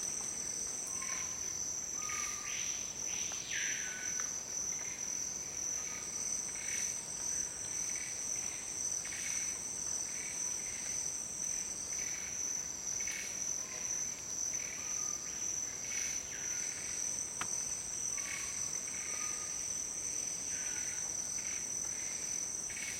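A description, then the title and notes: A steady, shrill insect chorus hums high over the whole scene in the Amazon rainforest. Through it come a screaming piha's rising, whistled sweeps, clearest around four seconds and again near sixteen and twenty seconds. Short, softer whistled notes fall at scattered intervals. Iconic Sound Of The Amazon Rainforest - Screaming pihas. The iconic sound of jungles in Western culture is the call of a bird called Lipaugus vociferans, or the Screaming piha.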